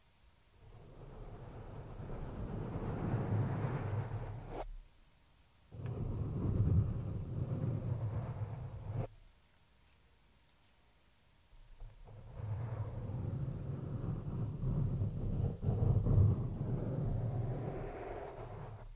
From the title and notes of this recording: ASMR PURE SCRATCHING ON THE MICROPHONE NO TALKING.